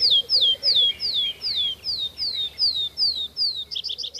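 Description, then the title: Tree Pipit song: a run of clear, falling whistled notes repeated about three times a second, ending in a quick trill. "Viikon luontoääni: Metsäkirvinen"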